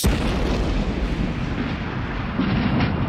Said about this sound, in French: L'explosion est tellement violente que des corps sont projetés dans la mer.